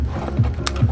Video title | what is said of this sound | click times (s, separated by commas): MWSTV-SchoolOfSwap-MusicalFuelPumps | it is clicking into place now | 0.7 s